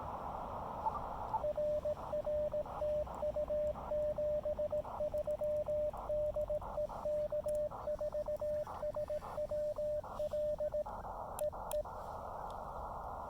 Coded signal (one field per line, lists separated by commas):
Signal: Morse code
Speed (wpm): 17 wpm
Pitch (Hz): 600 Hz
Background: radio noise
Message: RR TU 73 DE K4SWL EE